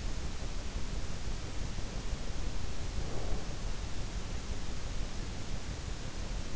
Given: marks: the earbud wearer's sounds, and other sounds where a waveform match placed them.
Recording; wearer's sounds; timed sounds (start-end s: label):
sounds in sleep by an in-ear microphone; breath
1.68-3.91 s: breath